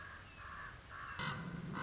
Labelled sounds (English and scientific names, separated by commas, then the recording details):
Common Raven (Corvus corax)
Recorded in Sonoma County, California